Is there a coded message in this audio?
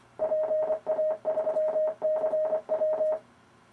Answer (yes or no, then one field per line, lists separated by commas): yes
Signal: Morse code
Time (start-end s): 0.2-3.2 s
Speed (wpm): 25 wpm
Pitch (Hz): 620 Hz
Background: none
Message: PA3CW